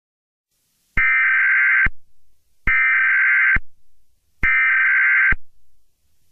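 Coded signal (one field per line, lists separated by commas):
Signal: Emergency Alert System (SAME) tones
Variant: header bursts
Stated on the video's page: Fictional Fourth of July EAS scenario.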